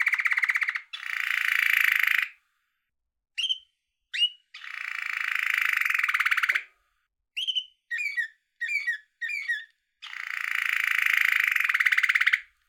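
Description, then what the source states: Canary trilling in long rapid rolls, broken by short chirps and a run of quick, repeated two-part notes, then another long rapid roll. Yellow canary, caged bird, trilling.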